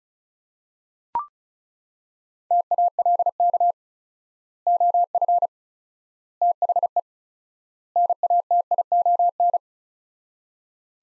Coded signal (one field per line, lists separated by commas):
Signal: Morse code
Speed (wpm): 36 wpm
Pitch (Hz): 700 Hz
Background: none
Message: TALK OF THE NATION